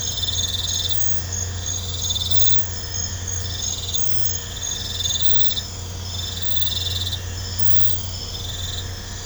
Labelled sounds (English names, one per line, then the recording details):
none
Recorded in pastures near Puerto Asís, Putumayo, Colombia, on 20 December 2024 at 01:00
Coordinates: 0.502, -76.324
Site G077